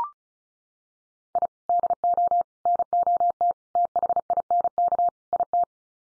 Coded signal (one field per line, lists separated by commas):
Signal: Morse code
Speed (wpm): 34 wpm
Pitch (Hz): 700 Hz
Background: none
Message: I DO NOT THINK IT